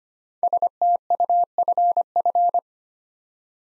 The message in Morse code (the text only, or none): STUFF